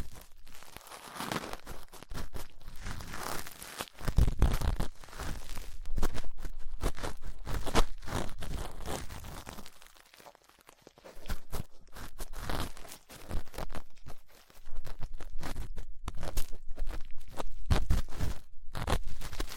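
Ear cleaning sounds with latex gloves, a dental pick and cotton swabs: dense, scratchy rubbing and crinkling in quick irregular bursts with a low rumble underneath. The sound thins to near quiet around ten seconds and again near fourteen, then the busy scraping resumes.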